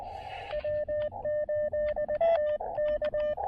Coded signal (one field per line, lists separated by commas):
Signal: Morse code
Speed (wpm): 20 wpm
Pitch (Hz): 600 Hz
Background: radio noise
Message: W8TK